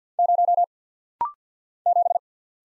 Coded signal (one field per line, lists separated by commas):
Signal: Morse code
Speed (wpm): 48 wpm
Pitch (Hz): 700 Hz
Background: none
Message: 0 7